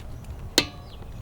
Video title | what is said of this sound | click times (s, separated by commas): I’ve Just Been Called Out About My Car Repairs and I Need to Address This | you hear it click okay that's 78 ft Pond | 0.6 s